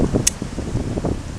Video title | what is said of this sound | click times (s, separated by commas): How to set up a ratchet slackline by Feet Off Ground | You should hear a click, a fine click. | 0.3 s